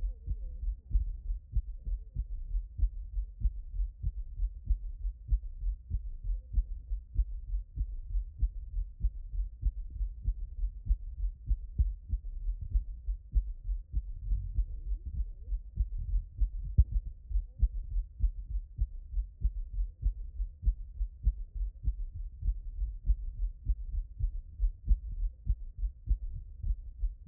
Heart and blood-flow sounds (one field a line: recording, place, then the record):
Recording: heart sounds by stethoscope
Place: tricuspid valve (TV)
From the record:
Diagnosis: HFrEF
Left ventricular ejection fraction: 10%